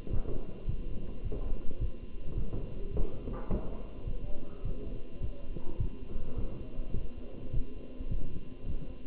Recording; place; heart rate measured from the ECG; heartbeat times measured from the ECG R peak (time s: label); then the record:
heart sounds by stethoscope; between the tricuspid and mitral areas; 105 bpm
0.13 s: heartbeat
0.69 s: heartbeat
1.24 s: heartbeat
1.81 s: heartbeat
2.38 s: heartbeat
2.94 s: heartbeat
3.50 s: heartbeat
4.07 s: heartbeat
4.65 s: heartbeat
5.22 s: heartbeat
5.80 s: heartbeat
6.38 s: heartbeat
6.96 s: heartbeat
7.54 s: heartbeat
8.11 s: heartbeat
8.68 s: heartbeat
From the record:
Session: walking at 3.7 km/h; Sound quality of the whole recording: good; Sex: male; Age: 27 years